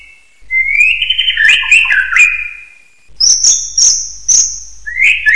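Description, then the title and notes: Bird song of drawn-out whistled slurs, some wavering and falling, then a high thin whistle repeated a few times and a short rising note at the end. "Bird Sound. Kicau Burung Lengkap"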